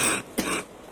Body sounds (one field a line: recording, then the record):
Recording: coughing mixed with background sound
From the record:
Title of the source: 31 night wet cough